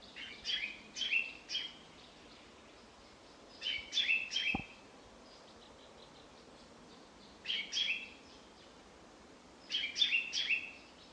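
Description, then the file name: Common chaffinch giving groups of quick, sharp metallic notes, each cluster of two or three calls recurring roughly every three seconds, with one soft click. "Fringilla coelebs"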